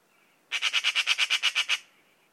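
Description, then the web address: Bird giving a quick run of roughly eleven rasping, squawk-like notes, evenly spaced and steady in pitch, then silence. Labelled in a bird-only dataset under the class "Pi Pi Pi Pi", 2025. "Bird Only More Classes Pi Pi Pi Pi"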